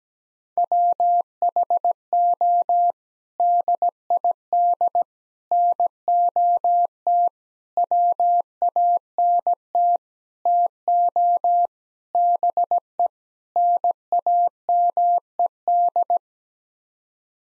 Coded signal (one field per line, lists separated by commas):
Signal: Morse code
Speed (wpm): 17 wpm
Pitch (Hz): 700 Hz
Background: none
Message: WHO DID NOT WANT TO BE NAMED